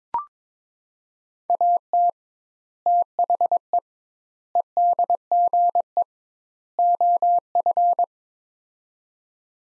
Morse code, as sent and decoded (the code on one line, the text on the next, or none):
.- - / - .... . / . -.. --. . / --- ..-.
AT THE EDGE OF